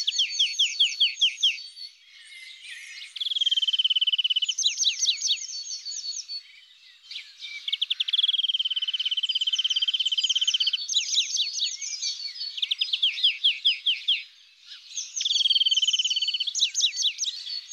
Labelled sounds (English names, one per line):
European Greenfinch song